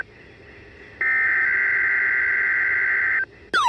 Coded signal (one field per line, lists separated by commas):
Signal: Emergency Alert System (SAME) tones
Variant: header bursts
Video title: EAS#283 Required Weeky Test WXM49 162.425 MHz